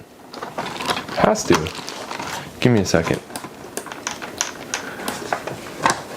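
A plastic accessory piece is pushed into the housing of a new old stock Ecovision AT keyboard with a 5-pin DIN connector in a second, longer attempt, with short plastic knocks and scrapes while someone talks. The piece does not connect or snap in and just sits there loosely, so nothing has seated or clicked yet.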